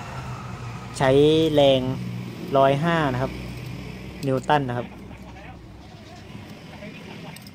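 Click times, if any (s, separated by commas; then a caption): 7.4 s, 7.5 s. Someone talks while a torque wrench set to 105 N·m tightens a wheel lug nut on a Vigo pickup truck, with a plastic bag over the nut to protect it. After a quieter stretch of low background noise, the wrench gives sharp clicks at 7.4 s and 7.5 s, signaling that the nut has reached the set torque.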